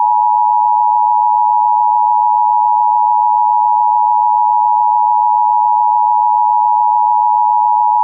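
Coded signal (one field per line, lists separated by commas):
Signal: Emergency Alert System (SAME) tones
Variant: 853 and 960 Hz attention tone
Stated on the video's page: Fake EAS scenario, simulated alert made with ClipChamp and SitePal.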